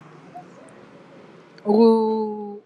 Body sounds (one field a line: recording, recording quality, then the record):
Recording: sustained vowel as in boot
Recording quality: excellent, no background noise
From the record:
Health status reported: exposed to COVID-19, no respiratory illness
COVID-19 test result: negative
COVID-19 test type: RT-PCR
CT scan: not taken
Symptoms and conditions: none ticked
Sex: female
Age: 23 years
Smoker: no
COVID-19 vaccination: both doses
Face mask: worn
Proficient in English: yes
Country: India